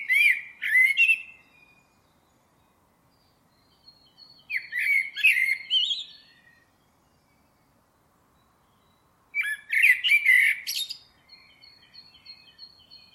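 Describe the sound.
Bird giving three bursts of scratchy, chattering twitters spaced about four to five seconds apart, with faint thin whistles between them.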